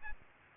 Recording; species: mosquito wingbeat signal from an infrared sensor; Aedes aegypti